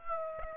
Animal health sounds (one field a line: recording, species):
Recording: mosquito wingbeat signal from an infrared sensor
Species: Aedes aegypti